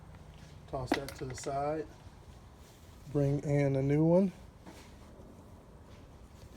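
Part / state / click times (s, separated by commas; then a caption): replacement component for its mount on the engine valve cover area / not seated / none. On a 2008–2009 BMW X6 35i with the N54 engine, a new replacement component is brought in and positioned for its mount in the valve cover area as part of a valve cover replacement. Someone talks over faint, quiet handling noise. Nothing has seated or clicked yet.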